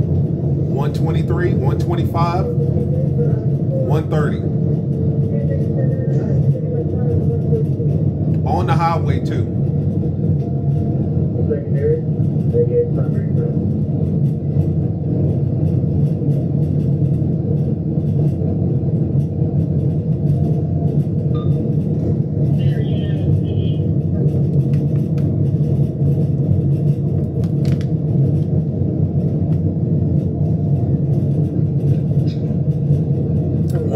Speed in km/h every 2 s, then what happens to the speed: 206, 214, 217, 212, 212, 216, 221, 224, 225, 225, 225, 225, 227, 227, 227, 225, 224.
0-15 speeds up to 225. 15-34 steady at about 225.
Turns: none.